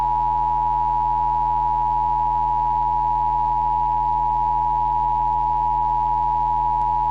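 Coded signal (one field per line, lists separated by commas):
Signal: Emergency Alert System (SAME) tones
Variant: 853 and 960 Hz attention tone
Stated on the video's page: Fictional EAS scenario mocks.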